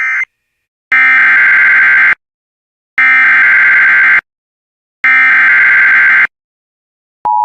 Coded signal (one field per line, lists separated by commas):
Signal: Emergency Alert System (SAME) tones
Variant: header bursts